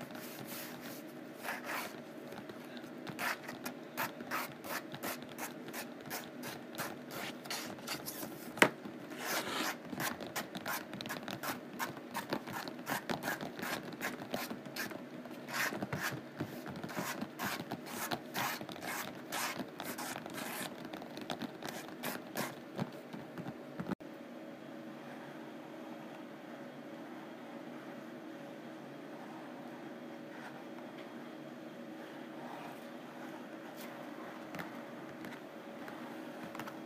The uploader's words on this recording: ASMR Rough Canvass: Scratching and Tapping.